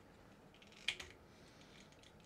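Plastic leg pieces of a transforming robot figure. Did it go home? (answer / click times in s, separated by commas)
yes / 0.9 s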